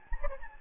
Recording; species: mosquito wingbeat signal from an infrared sensor; Anopheles gambiae